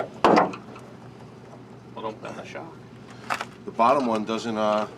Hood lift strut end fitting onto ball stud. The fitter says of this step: one pops right in at the bottom one the